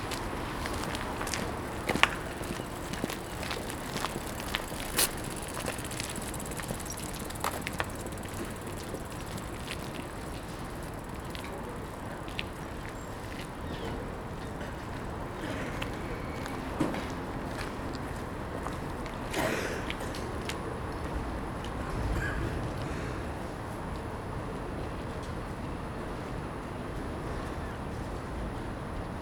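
A train station platform fills with commuters: a steady low rumble of murmur and movement, scattered sharp clicks and footsteps, occasional brighter knocks.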